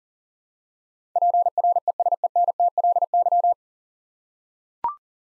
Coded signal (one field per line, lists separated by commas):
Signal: Morse code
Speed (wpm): 40 wpm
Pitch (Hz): 700 Hz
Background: none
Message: PRESENTLY